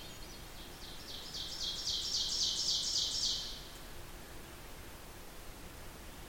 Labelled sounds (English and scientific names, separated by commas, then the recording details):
Ovenbird (Seiurus aurocapilla) song
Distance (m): 45 m
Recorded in boreal forest in Alberta, Canada, on 14 June 2016 at 06:27
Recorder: SongMeter 3, array SBT-3-33
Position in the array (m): 126 m, 36 m
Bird 21